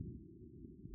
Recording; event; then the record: neck accelerometer signal played as sound; no cough (speech, laughter, throat clearing or background)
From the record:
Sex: male